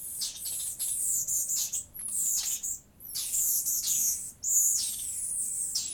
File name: Laute Eliomys quercinus